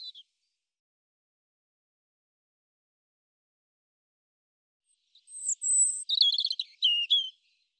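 European robin song: a short high note, a long quiet pause, then one fast phrase mixing thin whistles and tinkling trills.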